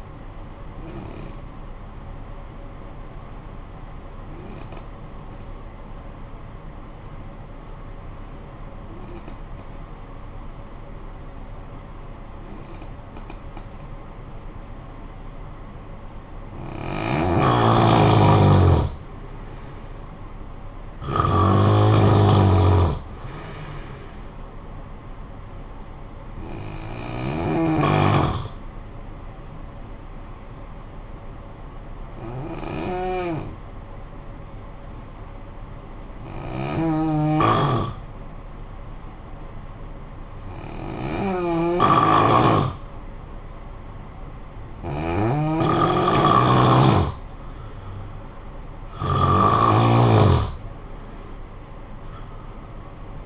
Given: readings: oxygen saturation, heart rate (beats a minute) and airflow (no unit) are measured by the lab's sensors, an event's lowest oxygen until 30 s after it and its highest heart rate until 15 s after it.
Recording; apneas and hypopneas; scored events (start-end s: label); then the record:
breathing in sleep by a smartphone at the bedside; 2
4.00-19.30 s: obstructive apnea (N1, oxygen 95% highest, then 89% lowest, heart rate 54 at the start, 55 highest)
20.00-53.25 s: new sleep stage, N2 (light sleep)
28.00-47.30 s: hypopnea (N2, oxygen 95% highest, then 89% lowest, heart rate 55 at the start, 77 highest)
From the record:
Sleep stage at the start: N1 (lightest sleep); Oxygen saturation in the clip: 89 to 95%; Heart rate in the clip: 51 to 78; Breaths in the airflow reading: 9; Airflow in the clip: -10.3 to 6.3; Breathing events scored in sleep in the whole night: 445 in 7.6 hours asleep